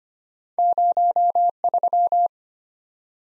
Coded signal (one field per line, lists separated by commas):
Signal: Morse code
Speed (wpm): 25 wpm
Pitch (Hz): 700 Hz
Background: none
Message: 03